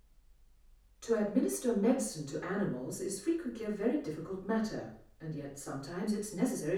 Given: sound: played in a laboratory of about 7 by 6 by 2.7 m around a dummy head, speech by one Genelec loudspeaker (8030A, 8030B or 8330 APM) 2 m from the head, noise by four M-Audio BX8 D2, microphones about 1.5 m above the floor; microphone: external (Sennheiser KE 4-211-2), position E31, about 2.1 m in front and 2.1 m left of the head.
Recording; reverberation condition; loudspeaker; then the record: female speech in English; medium; 120 degrees to the right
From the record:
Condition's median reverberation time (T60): about 510 ms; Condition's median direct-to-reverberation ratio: about -0.5 dB